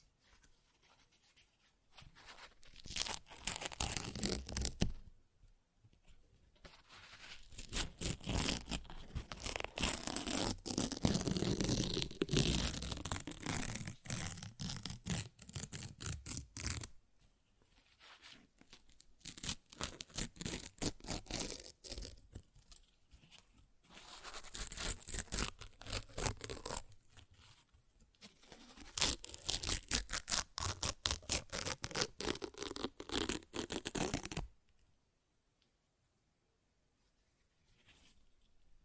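Paper is ripped and torn in several bursts, each a dense, crackling run of rough tearing lasting a few seconds. The bursts come around 1–5, 6–17, 18–23, 24–27 and 29–34 seconds, with brief silent gaps between them and quiet from 35 seconds on.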